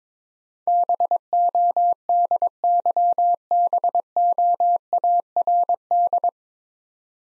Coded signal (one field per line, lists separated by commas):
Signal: Morse code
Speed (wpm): 22 wpm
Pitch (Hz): 700 Hz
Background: none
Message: BODYBOARD